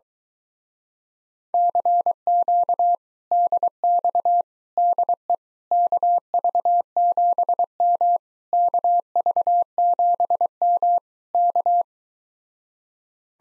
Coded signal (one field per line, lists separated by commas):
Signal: Morse code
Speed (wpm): 23 wpm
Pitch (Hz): 700 Hz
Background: none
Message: CQ DX DE KV7M KV7M K